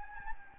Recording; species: mosquito wingbeat signal from an infrared sensor; Anopheles gambiae